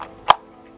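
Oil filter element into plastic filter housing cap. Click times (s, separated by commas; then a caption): 0.3 s. A new paper oil filter element is slipped onto the plastic filter housing cap and clicks into place. A faint tick at the start is followed by a sharp, bright click at 0.3 s, then quiet, and the element is seated.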